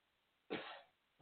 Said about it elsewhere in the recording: I was just clearing my throat. That sounded like a cough. It is a cough. He tucked his mouth into his hoodie there.